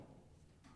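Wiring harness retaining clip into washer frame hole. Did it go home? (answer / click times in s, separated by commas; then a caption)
no / none. A plastic wiring-harness retaining clip, part of a GE apron conversion kit WH49X20925, is handled with its tabs lined up against holes in the washer's metal frame, ready to be pushed in until they lock. Only a steady low rumble with a faint brighter rustle near the end is heard. Nothing has seated or clicked yet.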